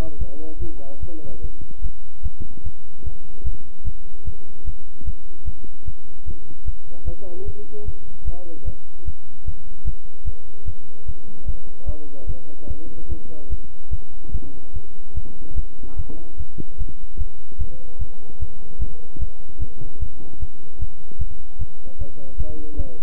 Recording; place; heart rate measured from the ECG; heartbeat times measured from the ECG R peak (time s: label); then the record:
heart sounds by stethoscope; between the tricuspid and mitral areas; 149 bpm
0.19 s: heartbeat
0.60 s: heartbeat
1.01 s: heartbeat
1.42 s: heartbeat
1.82 s: heartbeat
2.23 s: heartbeat
2.64 s: heartbeat
3.04 s: heartbeat
3.44 s: heartbeat
3.85 s: heartbeat
4.25 s: heartbeat
4.65 s: heartbeat
5.05 s: heartbeat
5.45 s: heartbeat
5.86 s: heartbeat
6.26 s: heartbeat
6.66 s: heartbeat
7.06 s: heartbeat
7.46 s: heartbeat
7.86 s: heartbeat
8.25 s: heartbeat
8.65 s: heartbeat
9.05 s: heartbeat
9.46 s: heartbeat
9.85 s: heartbeat
10.25 s: heartbeat
10.66 s: heartbeat
11.06 s: heartbeat
11.46 s: heartbeat
11.86 s: heartbeat
12.27 s: heartbeat
12.68 s: heartbeat
13.10 s: heartbeat
13.50 s: heartbeat
13.91 s: heartbeat
14.32 s: heartbeat
14.74 s: heartbeat
15.15 s: heartbeat
15.56 s: heartbeat
15.97 s: heartbeat
16.38 s: heartbeat
16.78 s: heartbeat
17.18 s: heartbeat
17.59 s: heartbeat
17.99 s: heartbeat
18.40 s: heartbeat
18.80 s: heartbeat
19.20 s: heartbeat
19.60 s: heartbeat
20.00 s: heartbeat
20.40 s: heartbeat
20.80 s: heartbeat
21.19 s: heartbeat
21.59 s: heartbeat
21.99 s: heartbeat
22.38 s: heartbeat
22.77 s: heartbeat
From the record:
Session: bicycle stress test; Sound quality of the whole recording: good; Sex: male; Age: 23 years